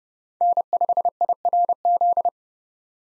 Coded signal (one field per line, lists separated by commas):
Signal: Morse code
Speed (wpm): 30 wpm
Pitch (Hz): 700 Hz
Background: none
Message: N5IRZ